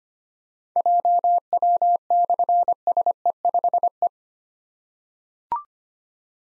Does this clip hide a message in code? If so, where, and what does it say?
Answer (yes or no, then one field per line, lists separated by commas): yes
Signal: Morse code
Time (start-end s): 0.8-4.1 s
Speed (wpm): 25 wpm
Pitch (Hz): 700 Hz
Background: none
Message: JW/SE5E